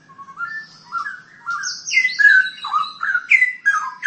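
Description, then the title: Long-tailed shrike singing clear whistled notes in short slurred phrases, delivered quickly one after another. "Kicau Burung Pentet"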